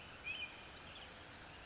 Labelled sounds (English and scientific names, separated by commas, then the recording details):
California Towhee (Melozone crissalis)
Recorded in Sonoma County, California